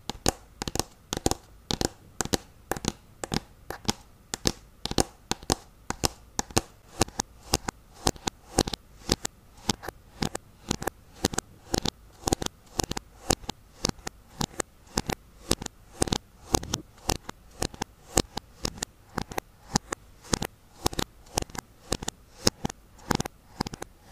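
Fingers tap on various objects in a quick, steady run of sharp, crisp clicks, several per second, with brief pauses between small clusters. The taps are bright with a light low knock beneath.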